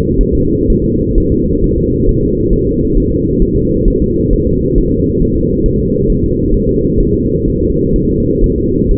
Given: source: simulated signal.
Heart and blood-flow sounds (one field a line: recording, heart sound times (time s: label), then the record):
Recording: fetal heart sounds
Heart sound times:
0.21 s: S1
0.35 s: S2
0.70 s: S1
0.84 s: S2
1.18 s: S1
1.32 s: S2
1.64 s: S1
1.78 s: S2
2.09 s: S1
2.23 s: S2
2.53 s: S1
2.67 s: S2
2.97 s: S1
3.12 s: S2
3.42 s: S1
3.56 s: S2
3.88 s: S1
4.02 s: S2
4.33 s: S1
4.47 s: S2
4.78 s: S1
4.92 s: S2
5.22 s: S1
5.36 s: S2
5.66 s: S1
5.80 s: S2
6.10 s: S1
6.24 s: S2
6.54 s: S1
6.69 s: S2
7.00 s: S1
7.14 s: S2
7.48 s: S1
7.62 s: S2
7.96 s: S1
8.10 s: S2
8.44 s: S1
8.58 s: S2
8.91 s: S1
From the record:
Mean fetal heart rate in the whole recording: 130 bpm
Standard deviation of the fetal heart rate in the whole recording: 4 bpm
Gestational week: 38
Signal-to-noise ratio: -14.7 dB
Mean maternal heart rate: 72 bpm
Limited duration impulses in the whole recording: present